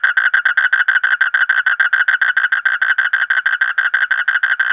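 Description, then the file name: Asian common toad giving a rapid rattling trill of short buzzy pulses repeated at an even pace. "suara kodok bangkong kolong kodok buduk"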